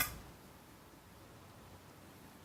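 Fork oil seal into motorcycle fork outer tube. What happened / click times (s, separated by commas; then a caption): The fork seal did not seat; no seating click is heard / none. A homemade driver tool is worked against a fork oil seal in the outer fork tube of a DR650 motorcycle, with a brief burst of sound at the start and then only faint, low background noise with a few light ticks. The seal has not seated or clicked into place yet, because the tool is not driving it in far enough.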